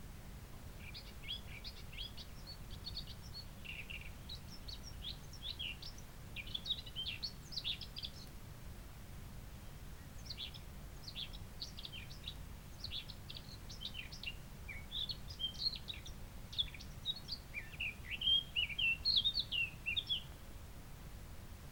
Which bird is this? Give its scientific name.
Sylvia atricapilla